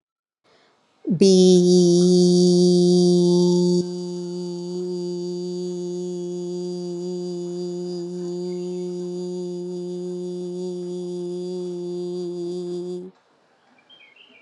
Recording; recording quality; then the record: sustained vowel as in beet; excellent, no background noise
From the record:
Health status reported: COVID-19 positive, mild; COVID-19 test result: positive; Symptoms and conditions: cough, fatigue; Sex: female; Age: 38 years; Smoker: not ticked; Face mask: not worn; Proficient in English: yes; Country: India